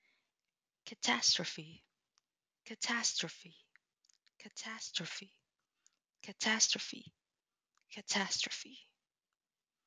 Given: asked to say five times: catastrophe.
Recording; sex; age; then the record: repeated word; female; 20 to 29 years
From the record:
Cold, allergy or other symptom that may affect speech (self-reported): no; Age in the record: 27 years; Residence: United States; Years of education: 18